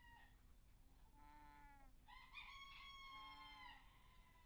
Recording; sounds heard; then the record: poultry house recording; sick chickens (respiratory disease)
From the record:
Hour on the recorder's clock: 17